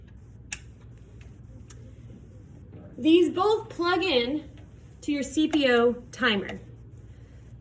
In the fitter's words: should correspond with the second photo gate, and you'll attach it till you hear a click.